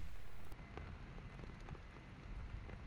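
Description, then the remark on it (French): Light rain falls steadily in Central Park, New York, on 18 October 2023, a soft continuous hiss scattered with faint individual droplet taps, with no voices or other sounds. “On est le 18 octobre 2023, la météo est confirmée, une pluie fine nous accompagnera toute la journée.”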